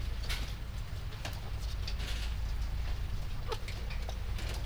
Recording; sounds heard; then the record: poultry house recording; healthy chickens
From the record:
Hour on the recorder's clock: 19